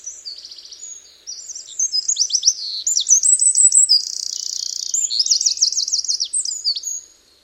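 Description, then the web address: Bird singing: soft twitters at first, then a loud, fast medley of sharp chirps, a buzzy trill and repeated rolling whistled notes. "Bird Only"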